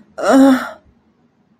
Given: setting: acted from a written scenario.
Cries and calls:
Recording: vocal sound without words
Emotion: disappointment

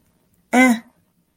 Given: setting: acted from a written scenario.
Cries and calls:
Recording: vocal sound without words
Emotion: neutral

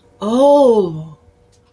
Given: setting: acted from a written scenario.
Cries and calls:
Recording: vocal sound without words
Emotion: interest

